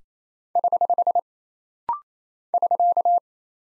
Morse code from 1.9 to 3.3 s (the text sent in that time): <SK>